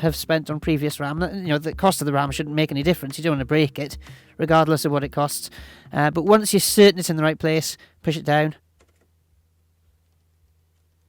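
Someone talks while a desktop RAM stick is lined up and pressed down into its motherboard DIMM slot, and the speech stops at about 8.6 seconds, leaving near silence with only a faint tick. The clip ends before the module goes home, so nothing has seated or clicked yet.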